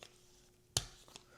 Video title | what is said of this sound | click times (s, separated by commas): Samsung Standing Grip Case For Galaxy S25 Ultra | But it does snap into place for the stand, and then you can, | 0.8 s